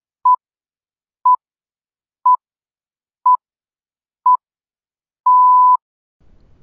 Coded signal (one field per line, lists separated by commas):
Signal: radio time signal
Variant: time pips